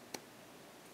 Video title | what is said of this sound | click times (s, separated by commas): Qui Flex Crystal Focus Lightsaber | and it snaps into place | 0.1 s